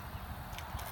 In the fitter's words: right can you hear that little click that means the magazine is engaged